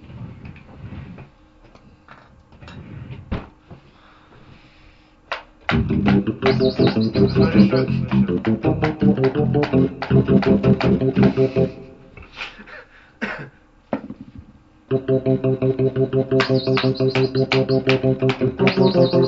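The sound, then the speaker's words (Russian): Sharp, dry taps on a hard object, played as improvised drums, beat out a loose, drum-like rhythm, starting sparse and growing busier, with a loud, sustained tonal sound running underneath through much of it. “Ты можешь стучать там, я не знаю, карандашом или чем, типа, изображать, но чтобы это звучало примерно так, чтобы оно звучало, как ударные.”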